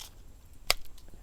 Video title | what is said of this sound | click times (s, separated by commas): Gerber Strongarm and Fire at Bush Camp. (sorry about audio timing)?? | You can hear the click. | 0.7 s